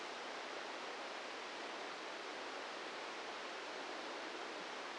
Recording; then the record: brain microelectrode recording played as sound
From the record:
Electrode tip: inside the subthalamic nucleus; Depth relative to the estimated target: -1 mm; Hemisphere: left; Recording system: NeuroSet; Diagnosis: Parkinson's disease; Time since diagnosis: 8 years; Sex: male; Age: 46 years